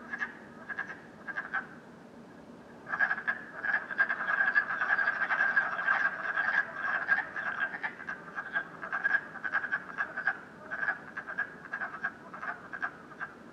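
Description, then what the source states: Frogs croaking, a few scattered croaks at first, then a dense chorus of rapid overlapping pulsed croaks at one bright mid-range pitch. Frogs croaking at night in Canada, recorded during COVID-19.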